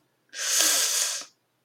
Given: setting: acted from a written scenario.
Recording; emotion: vocal sound without words; pain